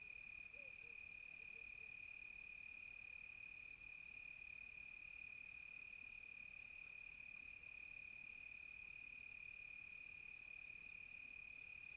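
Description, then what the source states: Cricket: an unwavering high trill with a shimmering higher layer above it. Close crickets on a quiet tropical night.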